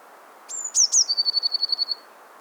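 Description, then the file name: Eurasian blue tit delivering a high whistle, two quick descending notes, then a brisk level trill. "Cyanistes caeruleus"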